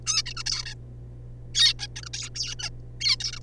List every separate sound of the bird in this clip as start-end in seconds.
0.07-0.22, 0.26-0.34, 0.37-0.43, 0.46-0.65, 0.66-0.74, 1.54-1.73, 1.79-1.87, 1.96-2.01, 2.03-2.05, 2.06-2.09, 2.13-2.29, 2.35-2.55, 2.59-2.69, 3.00-3.16, 3.20-3.32, 3.32-3.39